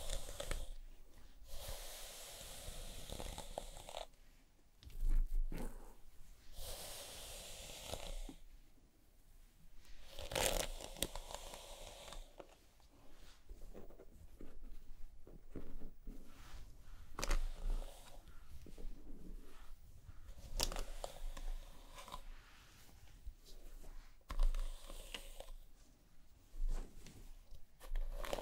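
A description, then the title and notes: Scalp massage and hair brushing sounds. Soft scratchy strokes and crinkly rustles come in irregular bursts every second or two, some bright and crisp, others muffled, with brief near-silent pauses between them. ASMR Let me massage your scalp and brush your hair (1 HOUR No Talking).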